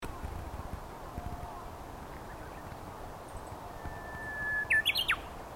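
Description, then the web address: Japanese bush warbler singing a held whistled note that breaks into a short looping flourish at the end, against a faint steady hiss. Recorded on 25 March 2022. "sangamaki uguisu 220325"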